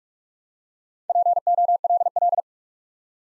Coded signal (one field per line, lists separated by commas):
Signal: Morse code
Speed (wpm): 48 wpm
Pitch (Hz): 700 Hz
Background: none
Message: POLL